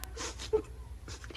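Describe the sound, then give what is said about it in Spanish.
A girl cries and whimpers in short, breathy sobbing bursts with a few gasping inhales, ending on a louder, higher-pitched wailing sob. “¿Pero por qué estás llorando, mija?”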